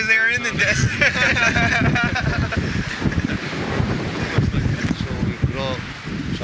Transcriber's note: laughs